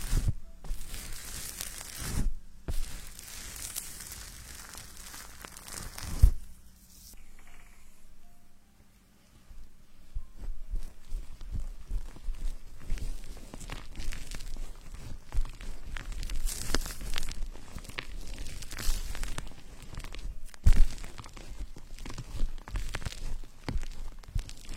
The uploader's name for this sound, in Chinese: 洗头发 纯泡沫挠头音